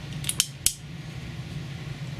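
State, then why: Seated. A small digital hygrometer is pressed into a 3D-printed plastic mounting plate. A faint tick at 0.3 s is followed by two sharp loud clicks at 0.4 s and 0.7 s as it snaps in and seats, over a steady low hum. No one talks.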